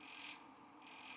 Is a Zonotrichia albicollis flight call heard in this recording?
no